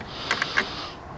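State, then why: Not seated. A Turtle Beach headset's audio cable plug is handled at the port on a Hauppauge HD PVR video capture box, giving three short, sharp ticks near 0.3, 0.4 and 0.6 seconds over a quiet background hiss. Nothing has seated or clicked into the port yet.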